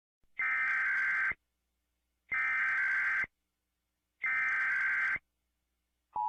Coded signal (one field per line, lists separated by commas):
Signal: Emergency Alert System (SAME) tones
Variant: header bursts